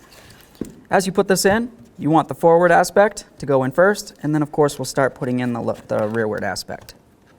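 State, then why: Not seated. A plastic interior door handle assembly is handled and fitted forward end first into the door panel of a 1998-2002 Honda Accord, with faint handling ticks near 0.6 s while someone talks throughout. Nothing has seated or clicked yet.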